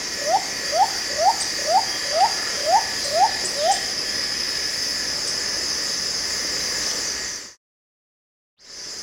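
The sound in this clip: Andaman cuckoo-dove calling, a series of eight short upslurred whoops about twice a second, over a steady high insect drone that briefly cuts out near the end.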